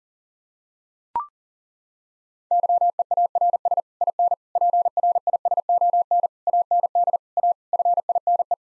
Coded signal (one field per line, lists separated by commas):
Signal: Morse code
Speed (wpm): 40 wpm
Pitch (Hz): 700 Hz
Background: none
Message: YEARS IN PRISON AND A FINE